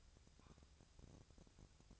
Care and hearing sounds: daily activity, microphone in the room; take from stove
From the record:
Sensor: 2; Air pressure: 999.2 hPa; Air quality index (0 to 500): 197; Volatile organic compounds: 28 ppm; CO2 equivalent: 2908 ppm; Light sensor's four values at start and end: 6/15/6/6 and 6/15/6/6

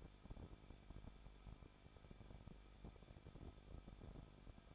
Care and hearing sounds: daily activity, microphone in the room; no activity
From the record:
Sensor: 5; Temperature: 20.8 degrees Celsius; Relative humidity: 38.2%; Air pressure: 1006.4 hPa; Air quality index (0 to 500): 189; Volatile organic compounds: 19 ppm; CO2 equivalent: 2661 ppm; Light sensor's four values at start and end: 2/3/1/1 and 2/3/1/1

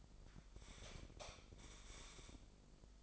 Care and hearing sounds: daily activity, microphone in the room; light off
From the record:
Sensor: 5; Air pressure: 995.5 hPa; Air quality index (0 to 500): 94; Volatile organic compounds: 5 ppm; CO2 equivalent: 1791 ppm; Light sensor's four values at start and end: 36/85/34/35 and 34/80/32/32

